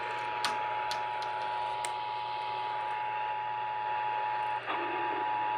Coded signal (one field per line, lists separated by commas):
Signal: Emergency Alert System (SAME) tones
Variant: 853 and 960 Hz attention tone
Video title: Kern and LA’s Halloween Spirit! (Monthly EAS Tests from 10/31/23) (EAS #1,212-1,223)